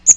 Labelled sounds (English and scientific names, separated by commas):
Magnolia Warbler (Setophaga magnolia) flight call